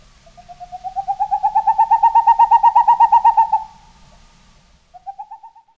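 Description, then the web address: Boreal owl song: a rapid, even run of hollow hoots that swells and slightly rises in pitch over about three seconds, followed by a brief fainter start of another run. "Peterson North American Birds"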